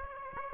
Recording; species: mosquito wingbeat signal from an infrared sensor; Aedes aegypti